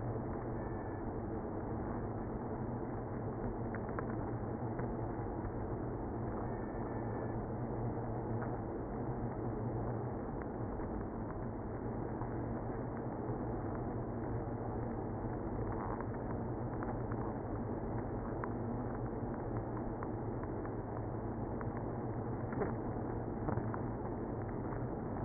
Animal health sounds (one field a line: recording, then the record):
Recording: honeybee colony, microphone inside the hive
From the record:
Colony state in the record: queenless (queen removed)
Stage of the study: after two queens were removed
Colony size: about 60,000 bees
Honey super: yes